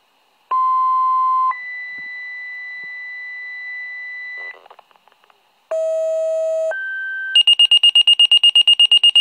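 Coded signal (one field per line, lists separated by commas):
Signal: two-tone page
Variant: Motorola Minitor V pager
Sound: a low steady tone, then a higher long tone, another two-tone pair, then fast high beeping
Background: brief radio noise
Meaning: Dispatch alert activating the fire company and its station sirens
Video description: This a video of my minitor V five Pager alerting for my fire company with 2 other companies and our ambulance station. The higher pitched tones in between are the tones that activate our fire station sirens.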